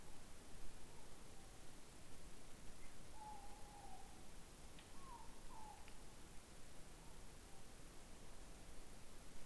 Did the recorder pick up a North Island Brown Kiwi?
no